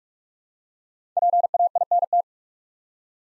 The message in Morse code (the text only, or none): PAINT